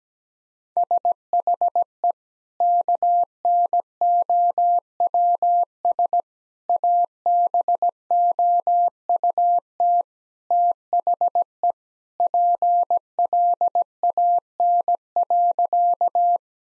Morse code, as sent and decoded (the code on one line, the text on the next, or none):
... .... . / -.- -. --- .-- ... / .- -... --- ..- - / - .... . / .--. .-.. .- -. .-.-.-
SHE KNOWS ABOUT THE PLAN.